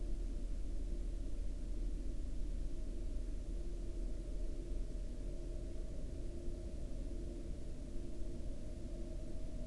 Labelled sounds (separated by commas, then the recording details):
man-made sound
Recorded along the Dalton Highway, Alaska, on 20 April 2019 at 22:51
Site 07